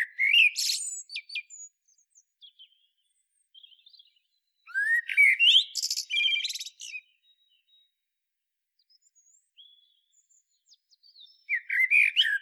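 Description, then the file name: Common blackbird song: fluty warbling phrases with high, scratchy twittering, heard at the start, near five seconds and again at the end. "Turdus merula"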